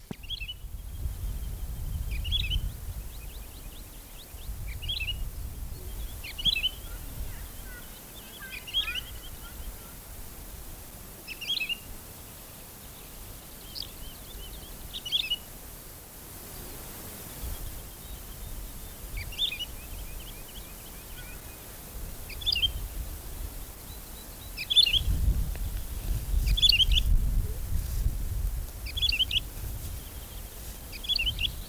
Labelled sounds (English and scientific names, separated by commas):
Wood Lark (Lullula arborea) call